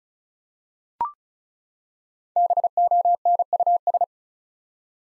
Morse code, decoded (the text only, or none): BONUS